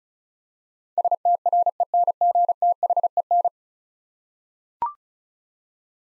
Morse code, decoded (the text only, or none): STRENGTHEN